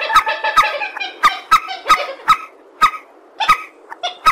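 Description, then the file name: Purple swamphen giving separate harsh, nasal honks, each with a sharp click, spaced at irregular intervals. "tieng trich re keu"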